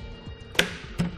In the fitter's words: just snaps into place and then